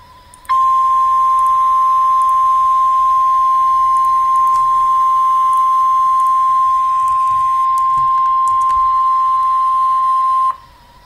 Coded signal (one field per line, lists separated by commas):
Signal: Emergency Alert System (SAME) tones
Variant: 1050 Hz attention tone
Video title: Ohio Statewide Tornado Drill (EAS #759)